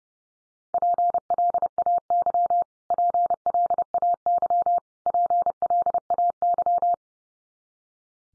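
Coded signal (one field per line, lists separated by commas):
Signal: Morse code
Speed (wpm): 30 wpm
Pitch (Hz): 700 Hz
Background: none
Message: PLAY PLAY PLAY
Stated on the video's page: Morse drill of the 500 most common English words at 30 wpm, each word sent three times, spoken, then sent again, for head-copy practice.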